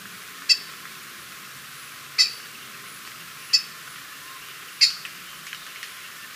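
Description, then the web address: Grass-green tanager uttering four sharp, high call notes, each isolated and spaced one to two seconds apart. Ecuador. "Natures Songs S America Birds of Ecuador Grass-green Tanager"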